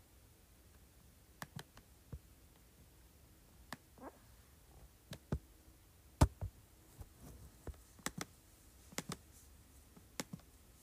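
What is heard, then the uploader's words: Sharp keyboard clicks and taps arrive irregularly, a couple per second, with short pauses between small bursts. One click near the middle stands out louder than the rest. Between strokes the background stays quiet with a faint low hum. Clicking, Scrolling, and Typing on Keyboard.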